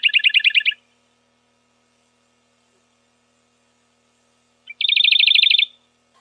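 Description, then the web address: Radde's warbler with two rapid trills of repeated notes, one at the start and one about five seconds later, separated by silence. "Phylloscopus schwarzi"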